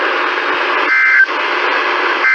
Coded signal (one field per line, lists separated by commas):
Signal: Emergency Alert System (SAME) tones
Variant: end-of-message bursts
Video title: **LATE**... Marching with the EAS... EAS Alerts from 3/4/2020-3/25/2020 (EAS #303-309)